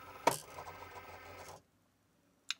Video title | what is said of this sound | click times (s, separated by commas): Cricut Explore Wireless Bluetooth Adapter Install on Windows & Mac | You push it in till it clicks. | 0.3 s